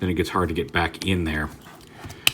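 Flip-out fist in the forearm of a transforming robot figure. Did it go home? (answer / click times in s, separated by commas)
yes / 2.3 s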